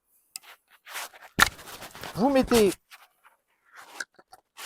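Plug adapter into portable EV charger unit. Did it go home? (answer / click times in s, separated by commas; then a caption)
no / none. A 32 A plug adapter is handled and fitted onto a portable EV charging unit after another adapter has been pulled off, with short handling knocks and rustles while someone talks. The adapter has not clicked into place yet; nothing has seated by the end of the clip.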